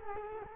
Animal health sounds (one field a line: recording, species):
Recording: mosquito wingbeat signal from an infrared sensor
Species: Culex quinquefasciatus